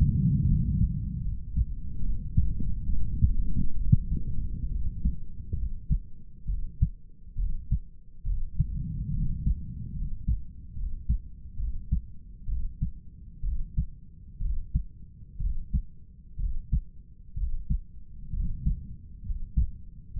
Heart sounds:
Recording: heart sounds by stethoscope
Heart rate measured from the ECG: 67 bpm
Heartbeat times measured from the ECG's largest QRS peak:
0.48 s: heartbeat
1.25 s: heartbeat
2.04 s: heartbeat
2.90 s: heartbeat
3.79 s: heartbeat
4.73 s: heartbeat
5.59 s: heartbeat
6.50 s: heartbeat
7.40 s: heartbeat
8.28 s: heartbeat
9.16 s: heartbeat
9.98 s: heartbeat
10.79 s: heartbeat
11.61 s: heartbeat
12.50 s: heartbeat
13.46 s: heartbeat
14.43 s: heartbeat
15.42 s: heartbeat
16.41 s: heartbeat
17.39 s: heartbeat
18.35 s: heartbeat
19.26 s: heartbeat
20.18 s: heartbeat
From the record:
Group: healthy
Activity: rest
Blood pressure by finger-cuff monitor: 146/88 mmHg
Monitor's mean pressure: 103 mmHg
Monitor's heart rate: 67 bpm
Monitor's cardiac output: 8 L/min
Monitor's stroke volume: 116 mL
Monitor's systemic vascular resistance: 1020 dyn s/cm5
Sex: male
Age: 30 years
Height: 188 cm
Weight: 110.2 kg

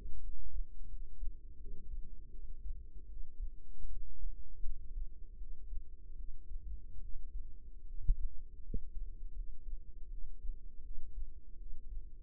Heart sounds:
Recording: heart sounds by microphone in the right ear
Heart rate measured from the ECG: 79 bpm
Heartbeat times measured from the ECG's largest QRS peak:
0.19 s: heartbeat
0.88 s: heartbeat
1.57 s: heartbeat
2.30 s: heartbeat
3.07 s: heartbeat
3.88 s: heartbeat
4.62 s: heartbeat
5.37 s: heartbeat
6.15 s: heartbeat
7.00 s: heartbeat
7.85 s: heartbeat
8.62 s: heartbeat
9.33 s: heartbeat
10.09 s: heartbeat
10.82 s: heartbeat
11.57 s: heartbeat
From the record:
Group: healthy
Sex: female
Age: 22 years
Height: 161 cm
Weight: 65.5 kg

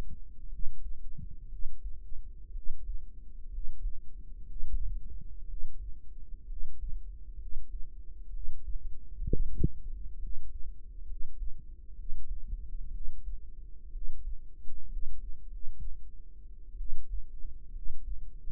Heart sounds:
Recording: heart sounds by microphone in the right ear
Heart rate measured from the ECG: 63 bpm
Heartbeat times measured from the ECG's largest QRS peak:
0.46 s: heartbeat
1.46 s: heartbeat
2.50 s: heartbeat
3.47 s: heartbeat
4.44 s: heartbeat
5.44 s: heartbeat
6.44 s: heartbeat
7.35 s: heartbeat
8.28 s: heartbeat
9.25 s: heartbeat
10.16 s: heartbeat
11.03 s: heartbeat
11.92 s: heartbeat
12.89 s: heartbeat
13.89 s: heartbeat
14.86 s: heartbeat
15.45 s: heartbeat
16.75 s: heartbeat
17.70 s: heartbeat
From the record:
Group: healthy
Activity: rest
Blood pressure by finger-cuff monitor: 97/59 mmHg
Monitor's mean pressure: 69 mmHg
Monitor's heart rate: 61 bpm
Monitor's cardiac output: 5 L/min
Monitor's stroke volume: 81 mL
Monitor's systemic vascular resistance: 990 dyn s/cm5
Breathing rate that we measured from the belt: 16 breaths a minute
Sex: female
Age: 22 years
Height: 171 cm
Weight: 65.6 kg

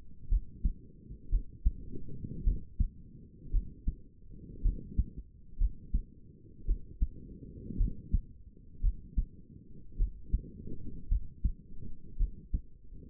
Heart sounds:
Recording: heart sounds by stethoscope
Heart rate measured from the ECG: 56 bpm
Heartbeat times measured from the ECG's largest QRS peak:
0.30 s: heartbeat
1.30 s: heartbeat
2.45 s: heartbeat
3.52 s: heartbeat
4.63 s: heartbeat
5.59 s: heartbeat
6.66 s: heartbeat
7.78 s: heartbeat
8.82 s: heartbeat
9.97 s: heartbeat
11.09 s: heartbeat
12.18 s: heartbeat
From the record:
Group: healthy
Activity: cold pressor test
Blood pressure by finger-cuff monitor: 111/67 mmHg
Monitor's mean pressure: 83 mmHg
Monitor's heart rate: 56 bpm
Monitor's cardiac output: 5.2 L/min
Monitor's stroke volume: 90 mL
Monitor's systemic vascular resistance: 1170 dyn s/cm5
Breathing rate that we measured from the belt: 22 breaths a minute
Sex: female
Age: 28 years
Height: 170 cm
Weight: 77 kg

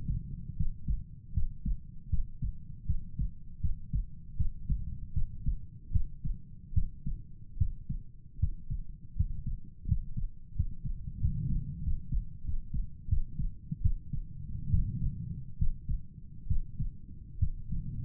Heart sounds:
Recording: heart sounds by stethoscope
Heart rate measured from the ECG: 78 bpm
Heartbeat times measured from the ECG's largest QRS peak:
0.56 s: heartbeat
1.33 s: heartbeat
2.09 s: heartbeat
2.86 s: heartbeat
3.60 s: heartbeat
4.36 s: heartbeat
5.13 s: heartbeat
5.91 s: heartbeat
6.73 s: heartbeat
7.57 s: heartbeat
8.39 s: heartbeat
9.16 s: heartbeat
9.87 s: heartbeat
10.55 s: heartbeat
11.20 s: heartbeat
11.83 s: heartbeat
12.44 s: heartbeat
13.08 s: heartbeat
13.81 s: heartbeat
14.70 s: heartbeat
15.57 s: heartbeat
16.47 s: heartbeat
17.39 s: heartbeat
From the record:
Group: healthy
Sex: male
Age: 35 years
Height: 178 cm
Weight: 64 kg

